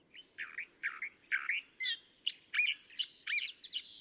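California thrasher singing a varied series of harsh, chunky phrases, then a busier stretch of squeaky, whistled and buzzy notes, over a soft low hiss.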